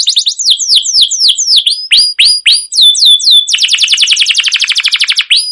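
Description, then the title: Canary song: a run of loud descending whistled sweeps, then a rapid dense trill. Used as a lure (pancingan) to train other canaries to sing; song described as chirping, rolling and long-running (cuit cuit ngerol gacor panjang). "CUIT CUIT NGEROL LANGSUNG GACOR PANJANG Kenari Ini AMPUH Utk Pancingan KENAR"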